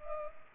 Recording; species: mosquito wingbeat signal from an infrared sensor; Culex pipiens